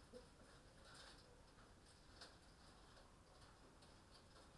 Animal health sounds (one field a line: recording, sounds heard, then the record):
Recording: poultry house recording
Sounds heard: healthy chickens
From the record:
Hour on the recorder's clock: 20